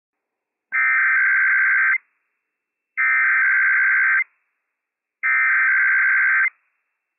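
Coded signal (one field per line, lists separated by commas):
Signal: Emergency Alert System (SAME) tones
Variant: header bursts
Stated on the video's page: IPAWS Required Weekly Test from civil authorities for California, Nevada, Oregon and Washington, on NOAA Weather Radio.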